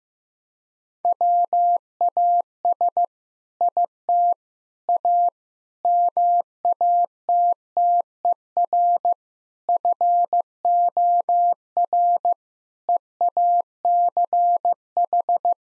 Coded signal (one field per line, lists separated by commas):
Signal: Morse code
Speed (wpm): 16 wpm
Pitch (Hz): 700 Hz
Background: none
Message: WAS IT A MATTER FOR EACH